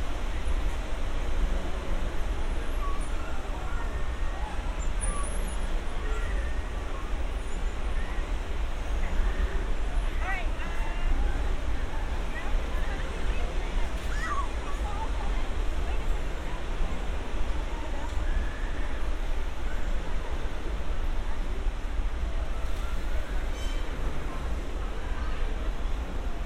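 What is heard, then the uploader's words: Steady outdoor crowd babble near a busy pier, with heavy low rumble, scattered chirps and shouts, and a constant wash of background noise. Santa Monica Pier. A binaural field recording — a walk on the beach; under the pier; a few hundred yards and back again; up to the pier; watching the bumper cars, the roller coasters.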